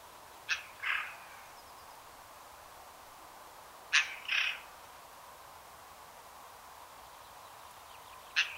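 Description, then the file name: Eurasian Jay calls: a sharp click with a short hoarse note, given twice with long gaps, then a final lone click. "Garrulus glandarius"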